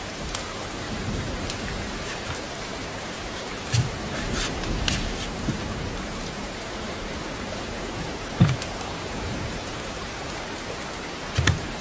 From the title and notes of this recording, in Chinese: 雨天烤火声丨白噪音。